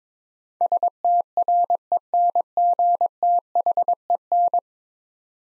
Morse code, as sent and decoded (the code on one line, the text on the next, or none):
... - .-. . -. --. - .... . -.
STRENGTHEN